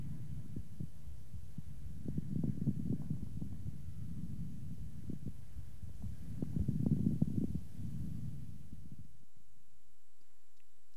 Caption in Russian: Влажные, средние и крупнопузырчатые хрипы у пациента с бронхоэктатической болезнью. Отличающиеся более низкой частотой и меньшим числом одновременно возникающих звуков. При наличии бронхоэктазов, мешковидных выпячиваний бронхиальной трубки, содержащих жидкую мокроту.